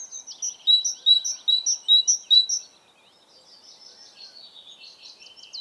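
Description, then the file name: Great tit giving a fast run of ringing two-note phrases, followed by soft warbled twittering in the background. "Parus major"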